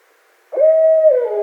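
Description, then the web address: Barred owl voicing a single sustained low hoot, level at first and then falling away at the end. Recorded on 12 February 2012. "Barred Owl 2012 02 12 Barred Owl"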